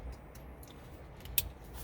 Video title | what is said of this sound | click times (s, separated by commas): YP-CPAA-320SYM Apple Carplay and Android Auto installation Audi Q5 Without MMI. Concert & Symphony | one side goes here just locks into place and the | 1.4 s